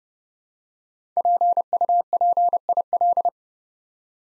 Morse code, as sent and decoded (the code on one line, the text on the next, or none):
.--. ..- .--. .. .-..
PUPIL